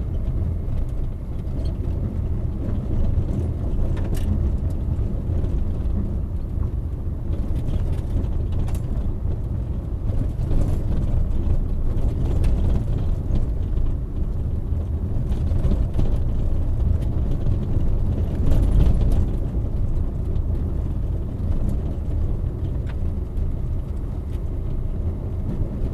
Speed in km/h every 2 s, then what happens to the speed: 29, 30, 28, 25, 25, 25, 25, 25, 26, 26, 27, 27, 29.
0-26 steady at about 26.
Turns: none.